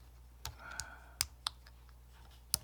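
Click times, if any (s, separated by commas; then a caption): none. A homemade plastic mount for a 28 mm speaker, with openings cut to fit the 18 mm frame width, is handled and pushed toward the frame of an HO scale Atlas CN GP40-2LW locomotive. Several short, sharp plastic clicks and taps are heard, with the strongest at about 1.2, 1.5 and 2.5 seconds, over a faint low hum. The mount has not seated or snapped into the frame yet.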